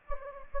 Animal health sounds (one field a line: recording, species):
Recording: mosquito wingbeat signal from an infrared sensor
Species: Anopheles gambiae